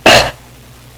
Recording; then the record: coughing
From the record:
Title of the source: 61 morning phlegmy cough...again